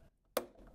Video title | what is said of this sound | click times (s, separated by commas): How To Adjust & Servicing A Marvin Ultimate Casement | that little snap you heard is these little two things here these two little grooves actually there's | 0.4 s